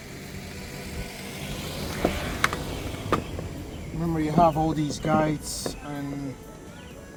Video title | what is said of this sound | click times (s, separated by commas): TOYOTA CAMRY DASHBOARD REMOVAL HVAC HEATER CORE AC EVAPORATOR BROKEN HOW TO REPLACE CHANGE GUIDE | when you hear the clicking from the clips then you will be fine | 2.4 s, 3.1 s